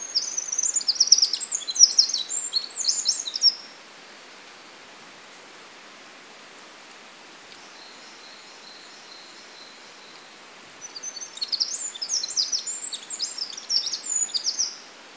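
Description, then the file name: Eurasian wren song: two long, rapid, high-pitched bursts of trills and twittering, the first at the start and the second near the end, with a faint steady high tone between. "Troglodytes troglodytes"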